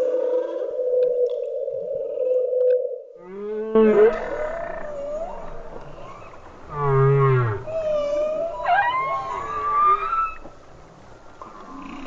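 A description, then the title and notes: Whale song: a steady mid-pitched hum holds for the first three seconds, then gives way to a string of calls. Low groans, rising and falling whistles and buzzy pulsed tones overlap through the rest, with a loud burst near seven seconds and a high upward sweep around nine. Whale Song.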